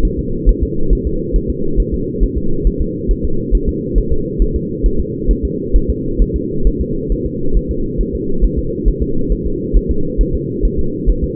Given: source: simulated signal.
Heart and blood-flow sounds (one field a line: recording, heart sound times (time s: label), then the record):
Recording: fetal heart sounds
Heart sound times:
0.05 s: S1
0.19 s: S2
0.49 s: S1
0.63 s: S2
0.93 s: S1
1.07 s: S2
1.36 s: S1
1.50 s: S2
1.80 s: S1
1.94 s: S2
2.23 s: S1
2.38 s: S2
2.67 s: S1
2.81 s: S2
3.11 s: S1
3.25 s: S2
3.55 s: S1
3.69 s: S2
3.98 s: S1
4.12 s: S2
4.42 s: S1
4.56 s: S2
4.86 s: S1
5.00 s: S2
5.31 s: S1
5.45 s: S2
5.76 s: S1
5.90 s: S2
6.22 s: S1
6.36 s: S2
6.67 s: S1
6.81 s: S2
7.12 s: S1
7.26 s: S2
7.57 s: S1
7.71 s: S2
8.01 s: S1
8.15 s: S2
8.45 s: S1
8.59 s: S2
8.88 s: S1
9.03 s: S2
9.32 s: S1
9.47 s: S2
9.77 s: S1
9.91 s: S2
10.21 s: S1
10.35 s: S2
10.65 s: S1
10.79 s: S2
11.09 s: S1
11.24 s: S2
From the record:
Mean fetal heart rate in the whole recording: 135 bpm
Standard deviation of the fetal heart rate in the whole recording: 3 bpm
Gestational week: 36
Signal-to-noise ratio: -8.1 dB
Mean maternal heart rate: 72 bpm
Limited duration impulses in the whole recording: absent